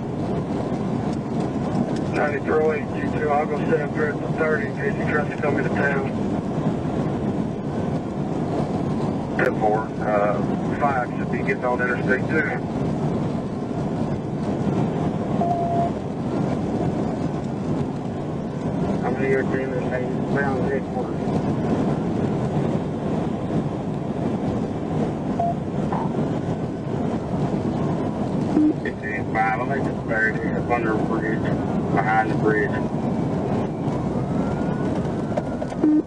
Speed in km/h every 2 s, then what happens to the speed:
209, 211, 211, 211, 211, 211, 211, 211, 211, 211, 211, 211, 208, 201, 190, 187, 177, 156.
0-23 steady at about 211. 23-36 brakes to 156.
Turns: none.